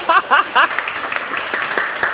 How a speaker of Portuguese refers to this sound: Se você não tem um discipulador ainda, aplausos para o casal! Yeah! Aplausos, gente, aplausos!